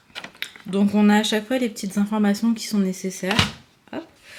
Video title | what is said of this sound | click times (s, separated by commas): CE VLOG TOURNE MAL 😞💔 | c'est un système comme ça qui se clipse hop là donc | 0.4 s